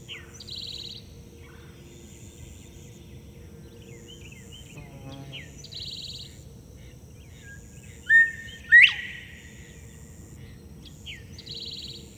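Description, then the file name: Northern bobwhite song: a single loud two-part whistle, a short level note then a sharply rising whistle, with brief buzzy trills at intervals and a low steady hum. "northern bobwhite 1 song by paul marvin"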